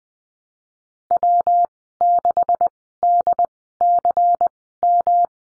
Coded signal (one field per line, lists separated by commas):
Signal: Morse code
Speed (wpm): 20 wpm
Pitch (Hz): 700 Hz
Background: none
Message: W6DCM